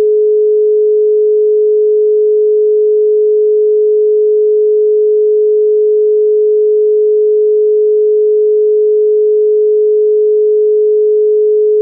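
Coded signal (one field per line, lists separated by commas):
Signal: telephone call progress tone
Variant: Europe, 425 Hz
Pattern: dial tone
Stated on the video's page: European dial tone, Group A: continuous 425 Hz per ETSI TR 101 041-2, used as a sound effect.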